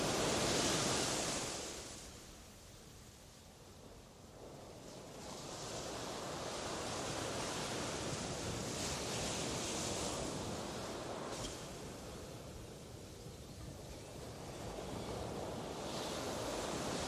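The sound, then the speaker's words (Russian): Small waves break and wash onto a sandy beach nearby in a steady, hissing roar that swells and recedes every few seconds, with no voices present. “Я лежала на песке пляжа, смотрела на звезды, а поблизости от меня все еще разбивались небольшие волны.”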